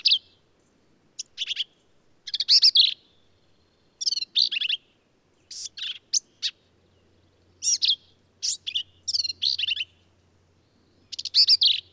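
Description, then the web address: Black-capped vireo song, a fast run of varied harsh, buzzy and squeaky phrases with brief pauses, delivered almost continuously. "birdsongforthecurious Black-capped Vireo"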